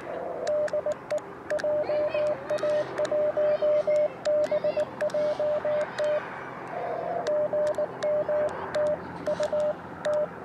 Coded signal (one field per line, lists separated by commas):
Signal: Morse code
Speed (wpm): 20 wpm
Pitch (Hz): 590 Hz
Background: radio noise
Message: DE JA1BJT GM TU T